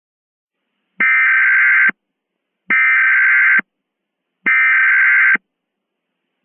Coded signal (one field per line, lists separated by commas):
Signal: Emergency Alert System (SAME) tones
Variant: header bursts